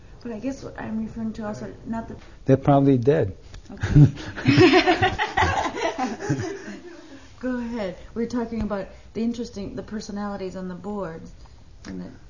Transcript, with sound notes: But I guess what I'm referring to also, not the--
They're probably dead. (They laugh.)
Go ahead. We're talking about the interesting, the personalities on the Board, and that--